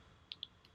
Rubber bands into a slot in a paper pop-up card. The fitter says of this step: those two rubber bands down through that slot until they click into that hole okay